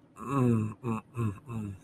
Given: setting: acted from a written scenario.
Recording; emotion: vocal sound without words; shame